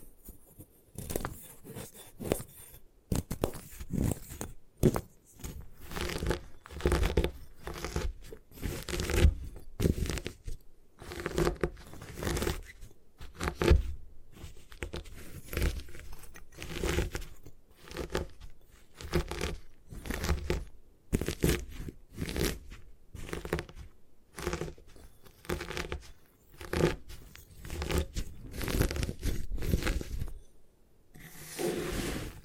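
A block of gym chalk is crushed and broken apart in dense, irregular bursts of crumbling and grinding that run nearly the whole time. The scraping and crunching come in quick clusters with brief silent gaps, mostly low and gritty with some brighter crackle.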